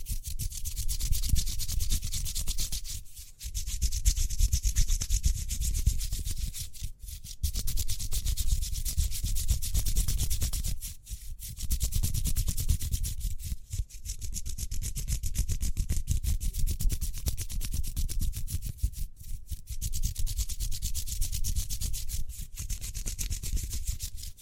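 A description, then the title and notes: Quick hand sounds, mostly brisk rubbing with a dry, scratchy texture that fills both the low rumble and the bright hiss. The motion runs in bursts of a few seconds each, with short silent gaps near 3, 7, 11, 19 and 22 seconds. ASMR Speedy Hand Sounds (No Talking).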